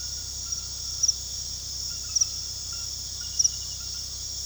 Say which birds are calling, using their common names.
none